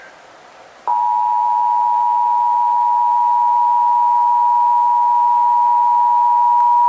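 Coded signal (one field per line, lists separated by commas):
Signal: Emergency Alert System (SAME) tones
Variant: 853 and 960 Hz attention tone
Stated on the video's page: Texas required monthly test relayed by radio and TV stations.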